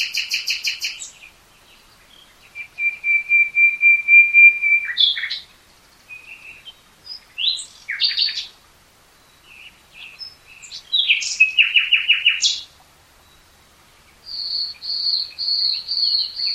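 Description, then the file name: Common nightingale song: a rapid stuttering trill, then a long run of steady whistled notes, scratchy flourishes, a fast rattling trill and a closing series of repeated high notes. "Luscinia megarhynchos"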